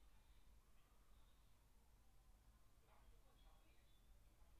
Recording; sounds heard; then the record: poultry house recording; no chicken sound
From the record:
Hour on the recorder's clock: 17